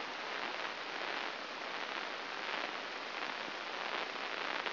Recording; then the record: brain microelectrode recording played as sound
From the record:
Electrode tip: inside the subthalamic nucleus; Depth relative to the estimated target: -1.5 mm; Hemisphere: right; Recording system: AlphaMap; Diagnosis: Parkinson's disease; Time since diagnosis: 7 years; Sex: female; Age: 49 years